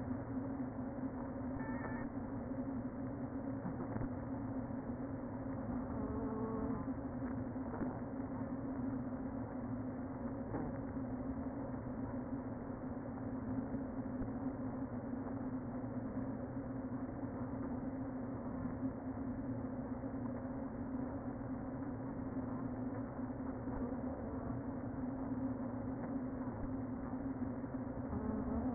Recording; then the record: honeybee colony, microphone inside the hive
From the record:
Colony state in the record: queen present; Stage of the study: before two queens were removed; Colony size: about 60,000 bees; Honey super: yes